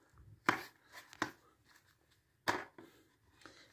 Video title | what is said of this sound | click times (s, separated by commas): mag exercise para palaging maayos ang ating kalusogan | Itong isa nag-lock na. | 0.5 s